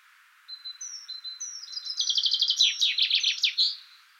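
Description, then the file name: Common chaffinch song: a few thin whistles, then a quick series of notes descending into a rattling run and ending in a brief flourish. "Fringilla coelebs"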